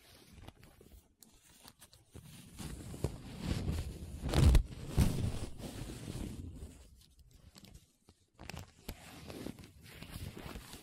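Paper being rubbed and scratched in uneven strokes, rising to a louder rough burst near four to five seconds, then quieter brushing with short pauses.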